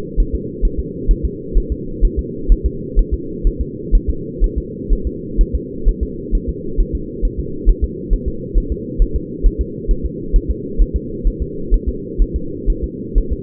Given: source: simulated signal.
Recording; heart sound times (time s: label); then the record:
fetal heart sounds
0.20 s: S1
0.35 s: S2
0.65 s: S1
0.79 s: S2
1.11 s: S1
1.25 s: S2
1.58 s: S1
1.72 s: S2
2.05 s: S1
2.19 s: S2
2.52 s: S1
2.66 s: S2
2.99 s: S1
3.14 s: S2
3.47 s: S1
3.61 s: S2
3.95 s: S1
4.10 s: S2
4.44 s: S1
4.58 s: S2
4.93 s: S1
5.07 s: S2
5.41 s: S1
5.55 s: S2
5.88 s: S1
6.03 s: S2
6.35 s: S1
6.49 s: S2
6.81 s: S1
6.95 s: S2
7.25 s: S1
7.40 s: S2
7.69 s: S1
7.84 s: S2
8.13 s: S1
8.28 s: S2
8.58 s: S1
8.72 s: S2
9.02 s: S1
9.16 s: S2
9.46 s: S1
9.61 s: S2
9.91 s: S1
10.06 s: S2
10.36 s: S1
10.50 s: S2
10.81 s: S1
10.96 s: S2
11.28 s: S1
11.42 s: S2
11.74 s: S1
11.88 s: S2
12.22 s: S1
12.36 s: S2
12.70 s: S1
12.84 s: S2
13.18 s: S1
13.32 s: S2
From the record:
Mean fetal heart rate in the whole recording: 130 bpm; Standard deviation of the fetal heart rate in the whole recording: 4 bpm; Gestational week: 38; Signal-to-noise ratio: -4.3 dB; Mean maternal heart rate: 72 bpm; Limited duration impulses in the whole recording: absent